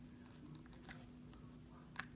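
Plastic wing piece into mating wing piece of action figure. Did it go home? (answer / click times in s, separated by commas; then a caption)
no / none. Two plastic wing pieces of a Marvel Legends build-a-figure, Vulture's Flight Gear from the Spider-Man Homecoming wave, are handled and fitted toward each other, with soft tapping and rubbing against a steady low hum and a few brief ticks. The piece has not seated or clicked into its mating wing piece yet.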